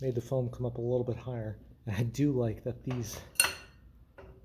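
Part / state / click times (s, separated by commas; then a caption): floor jack handle into jack handle socket / seated / 3.4 s. A removable floor jack handle section is pushed into its socket on the jack and pops into place with a sharp click at 3.4 s. The handle is seated, so it is hard to lose. Someone talks before the click.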